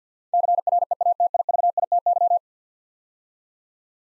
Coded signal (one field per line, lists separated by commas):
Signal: Morse code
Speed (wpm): 53 wpm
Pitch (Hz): 700 Hz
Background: none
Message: CREATIVITY